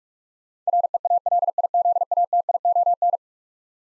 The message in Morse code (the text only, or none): REALIZATION